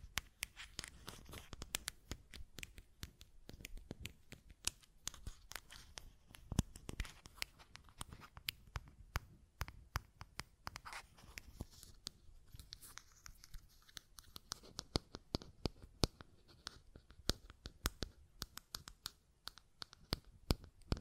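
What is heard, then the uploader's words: Buttons click and tap in rapid, irregular bursts, dense sharp snaps packed closely through the whole stretch with brief thinner gaps. The clicks sound dry, with a faint low rustle underneath. ASMR Button Clicking and Tapping Sounds (No Talking).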